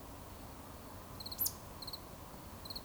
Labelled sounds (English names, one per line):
Eurasian Woodcock whistle